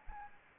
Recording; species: mosquito wingbeat signal from an infrared sensor; Anopheles arabiensis